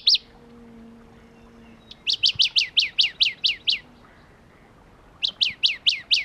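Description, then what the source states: Shrub frog calling: a single high chirp, then a quick run of about nine downward-sweeping notes, a pause, and six more, over a faint low hum. Philautus fuscatus at Kuda, 28 June 2012.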